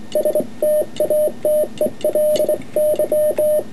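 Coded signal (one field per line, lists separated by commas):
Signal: Morse code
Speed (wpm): 24 wpm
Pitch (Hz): 610 Hz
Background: radio noise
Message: STATELY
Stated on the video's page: Sent on a right-angle semi-automatic bug by an unsteady operator; close-up camera mic makes the key sound noisier.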